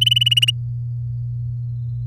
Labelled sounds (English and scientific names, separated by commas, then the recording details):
Domestic Canary (Serinus canaria) song
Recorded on 10 May 2018 at 17:03
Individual llb16